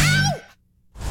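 A single strained, whistling breath with a falling tone, then silence: acted wheezing of an asthma attack.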